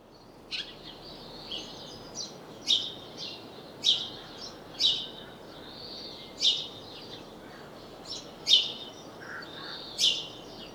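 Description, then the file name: House sparrow chirps, short bright notes repeated many times, with softer overlapping chatter underneath and a steady low background hiss. "Passer domesticus"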